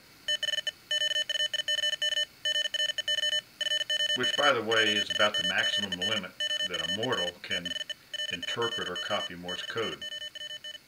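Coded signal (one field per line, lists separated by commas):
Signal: Morse code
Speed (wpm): 50 wpm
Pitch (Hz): 3000 Hz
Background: speech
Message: THE QUICK GREY FOX JUMPED OVER THE LAZY BROWN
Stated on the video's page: Audible Morse generated by an Arduino from keyboard text, using standard Farnsworth spacing.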